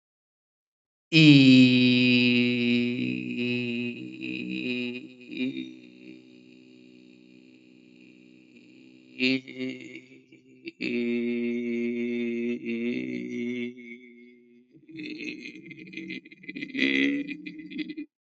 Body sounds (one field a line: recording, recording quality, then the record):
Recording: sustained vowel as in beet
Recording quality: excellent, no background noise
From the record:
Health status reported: healthy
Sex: male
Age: 34 years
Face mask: not worn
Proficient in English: yes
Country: India